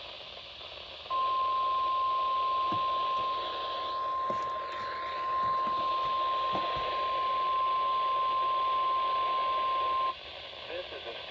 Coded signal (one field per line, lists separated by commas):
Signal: Emergency Alert System (SAME) tones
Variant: 1050 Hz attention tone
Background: speech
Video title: My 100th video EAS#385 -395 from 11/29/20 - 12-2-20